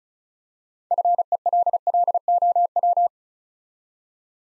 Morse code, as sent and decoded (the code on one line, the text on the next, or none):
..-. . .-.. .-.. --- .--
FELLOW